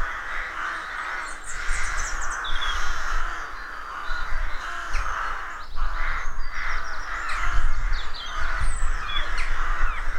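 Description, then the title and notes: Many rooks calling together in a loud, ragged cacophony of hoarse caws, other birds twittering high above, and a low rumble below. Rook colony of more than 300 birds nesting in a dozen roadside trees, rural County Armagh, early spring; pairs greeting and squabbling with neighbours as first chicks hatch. "Sound Escape 113: Enjoy the stirring cacophony of a rook colony. deeply rural County Armagh. It's early spring and the rooks rule the woodlands. BBC Countryfile Magazine"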